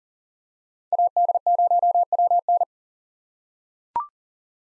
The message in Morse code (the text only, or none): AD0WN